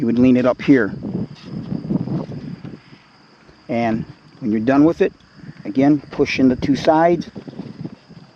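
Someone talks while handling the metal wall standoff accessory on a Little Giant King Kombo extension ladder, pushing in both side push-buttons to fold the standoff toward its locked position. A faint steady high-pitched hiss runs underneath the talking. Nothing has seated or clicked into place yet by the end.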